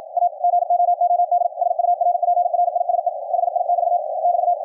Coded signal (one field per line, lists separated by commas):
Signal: Morse code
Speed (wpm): 53 wpm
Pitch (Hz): 700 Hz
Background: radio noise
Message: A GOOD SURPRISE HI<BT> <BT>